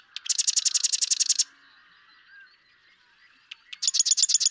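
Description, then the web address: Marsh Wren singing a fast, harsh rattle after a sharp click, followed by a quiet gap with faint chatter and the start of another buzzing trill. "birdsongforthecurious songs Marsh Wren"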